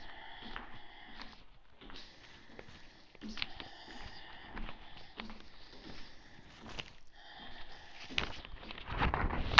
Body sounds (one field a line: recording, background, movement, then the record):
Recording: deep breathing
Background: quiet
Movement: walking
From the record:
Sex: female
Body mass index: 25.5 kg/m2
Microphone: on the chest, facing the body